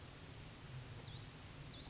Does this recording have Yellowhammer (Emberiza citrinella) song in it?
no